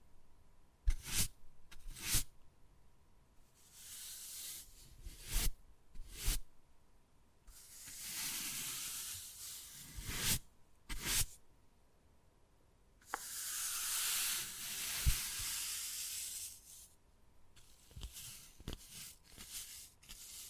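Wood carving with sharp tapping knocks scattered irregularly, some in quick pairs, between longer hissing scrapes. Two long rasping scratches stand out, one around 8–10 seconds and a brighter one from about 13 to 16 seconds, with a faint steady hum underneath.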